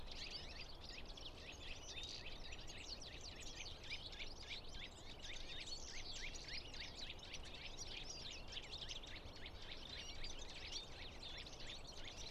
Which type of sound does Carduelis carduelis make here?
call